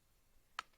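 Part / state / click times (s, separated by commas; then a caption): car seat adapter into stroller seat bracket / seated / 0.6 s. A plastic Britax car seat adapter, with the brand etched on it facing outside, is pushed into the seat bracket of a Joovy Qool stroller. Against a quiet background, a single sharp, bright click sounds at 0.6 seconds as the adapter seats in the bracket.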